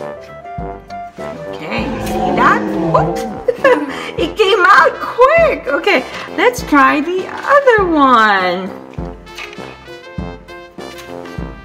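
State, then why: Not seated. A plastic dart is being loaded into a toy dragon's mouth launcher while someone talks over background music. Handling sounds and brief knocks are heard, but the dart has not clicked or seated in the launcher yet.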